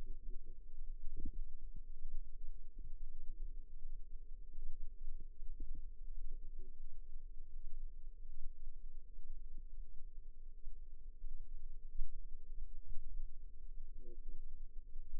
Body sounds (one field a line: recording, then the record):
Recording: forearm muscle sounds (acoustic myography)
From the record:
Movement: rest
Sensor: system 2, bracelet of six BSWA MPA416 microphones around the upper forearm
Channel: 2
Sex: female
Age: 21 years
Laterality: right